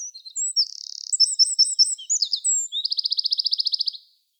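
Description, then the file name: Eurasian wren song, a high, fast, loud outburst of varied twittering notes and a buzzy trill, ending in a rapid, evenly pulsed rattle about a second long. "Troglodytes troglodytes"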